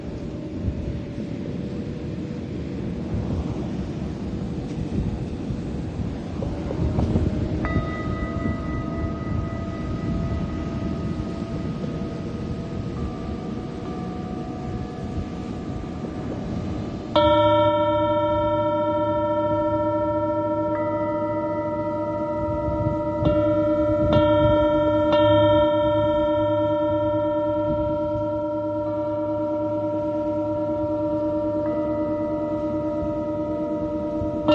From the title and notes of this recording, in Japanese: メキシコから シンギングボウルのサウンドヒーリング ライブ。